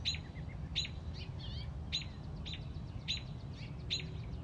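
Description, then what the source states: Robin giving several sharp, high chipping calls in a few seconds, with faint thin notes between them over a steady low hum. Mother robin on a front porch, protecting a newly hatched baby robin.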